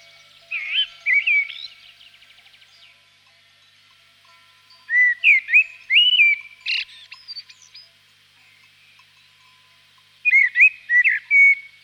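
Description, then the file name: Common blackbird singing rich whistled phrases separated by pauses of a few seconds. "chernyy drozd"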